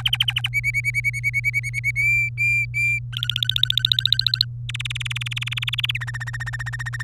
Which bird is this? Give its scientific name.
Serinus canaria